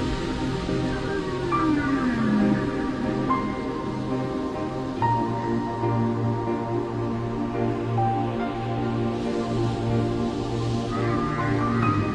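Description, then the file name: Whales singing: a long descending glide opens, then steady held tones and brief stepped notes ride over a constant low hum. "Chant des baleines - whales singing"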